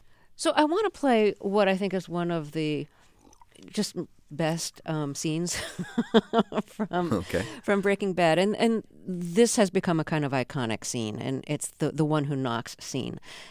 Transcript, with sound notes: So I want to play what I think is one of the just best scenes (laughter) from...
OK.
...From "Breaking Bad." And this has become a kind of iconic scene, and it's the one who knocks scene.